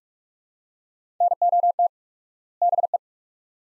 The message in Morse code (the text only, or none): NOT BE